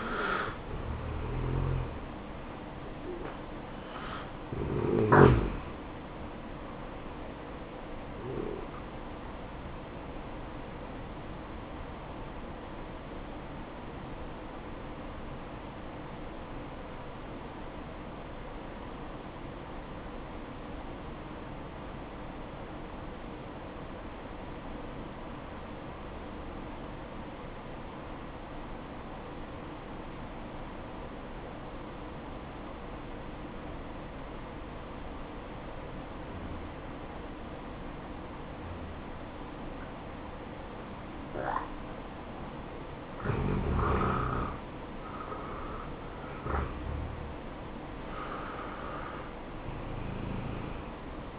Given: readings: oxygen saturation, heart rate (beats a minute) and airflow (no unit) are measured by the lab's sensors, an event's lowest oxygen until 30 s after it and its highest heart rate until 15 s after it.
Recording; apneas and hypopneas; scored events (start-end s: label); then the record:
breathing in sleep by a voice recorder at the bedside; 1
10.00-42.20 s: hypopnea (N1, oxygen 95% highest, then 84% lowest, heart rate 60 at the start, 67 highest)
31.00-51.39 s: new sleep stage, N2 (light sleep)
From the record:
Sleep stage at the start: N1 (lightest sleep); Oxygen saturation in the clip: 83 to 95%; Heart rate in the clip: 57 to 71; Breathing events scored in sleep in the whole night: 573 in 9.8 hours asleep